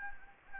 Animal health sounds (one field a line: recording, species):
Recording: mosquito wingbeat signal from an infrared sensor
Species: Anopheles gambiae